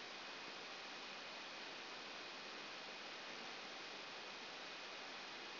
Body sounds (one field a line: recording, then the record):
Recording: brain microelectrode recording played as sound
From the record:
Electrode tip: outside the subthalamic nucleus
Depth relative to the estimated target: -3 mm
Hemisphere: left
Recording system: AlphaMap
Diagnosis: Parkinson's disease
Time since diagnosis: 11 years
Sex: female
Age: 60 years